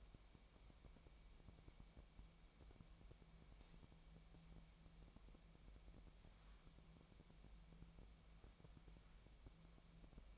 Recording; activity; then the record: daily activity, microphone in the room; wipe stove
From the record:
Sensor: 1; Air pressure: 1003.3 hPa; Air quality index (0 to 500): 199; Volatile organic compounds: 6 ppm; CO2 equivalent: 1908 ppm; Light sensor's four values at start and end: 9/22/9/11 and 10/23/9/11